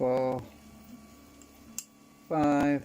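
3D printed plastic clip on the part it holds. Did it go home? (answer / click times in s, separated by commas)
released / 1.8 s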